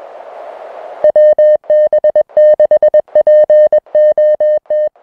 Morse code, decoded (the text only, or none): WB6POT